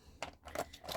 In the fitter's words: have like sort of random dice but yeah i get it so it's it clicks back in